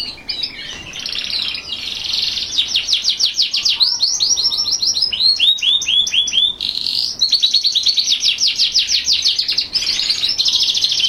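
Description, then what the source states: Canary singing a long, nearly continuous song, shifting between sweeping whistled notes and fast, evenly repeated rolling trills. Song of a northern frilled canary ('canário ondulado do norte').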